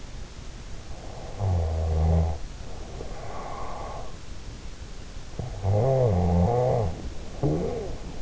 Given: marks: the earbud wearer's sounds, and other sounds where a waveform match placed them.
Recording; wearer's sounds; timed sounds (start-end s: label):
sounds in sleep by an in-ear microphone; snoring breath
1.17-4.21 s: snoring breath
5.40-8.21 s: snoring breath